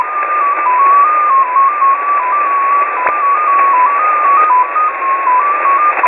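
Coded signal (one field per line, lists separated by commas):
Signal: numbers station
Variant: XPA2 polytone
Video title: Russian XPA2 polytone number station at 14538 kHz (long message)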